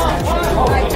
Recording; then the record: background sound without coughing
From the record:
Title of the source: Nightlife Party Simulating Party Club Noise 1 Hour